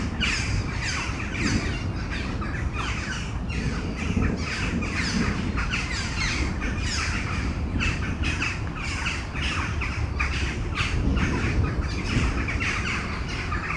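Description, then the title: Crows in a noisy flock, raucous caws overlapping without pause across the whole stretch, against a heavy low rumble. Crows in Mechelen, Belgium, calling before a storm; recorded with Sony PCM-M10 internal microphones. "Domaine de Tivoli, Malines, Belgique, Belgium - Corneilles avant lorage - Crows before the storm"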